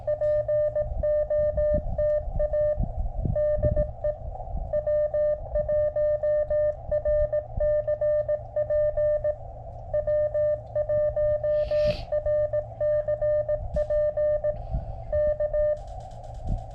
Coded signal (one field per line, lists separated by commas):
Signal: Morse code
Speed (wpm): 17 wpm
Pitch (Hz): 590 Hz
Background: music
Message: POTA DE W1RCP W1RCP K